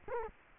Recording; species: mosquito wingbeat signal from an infrared sensor; Culex quinquefasciatus